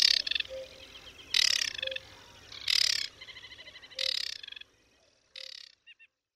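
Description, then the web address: Aquatic warbler song: loud scratchy rattles spaced about every 1.3 seconds, each followed by softer stuttering notes, fading into quieter chips at the end. "Ptaki Wodniczka"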